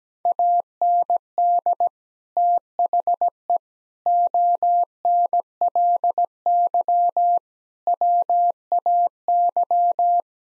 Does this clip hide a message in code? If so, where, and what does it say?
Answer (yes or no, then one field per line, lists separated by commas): yes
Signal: Morse code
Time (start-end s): 0.3-10.2 s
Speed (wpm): 17 wpm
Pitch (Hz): 700 Hz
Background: none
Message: AND THE ONLY WAY